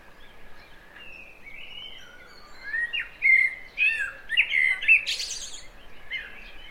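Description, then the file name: Common blackbird song: soft fluty opening swelling into louder mellow warbled notes, ending with a sharp, high scratchy flourish and a final short phrase. "Turdus merula"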